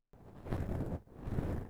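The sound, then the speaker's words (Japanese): Steady outdoor ambience of rushing wind and flowing water heard from a veranda, a broad low rumble with soft hiss that swells and briefly dips midway, with no voices. “鳥のさえずりとか風とか水の音が聞こえてすごく落ち着かない？”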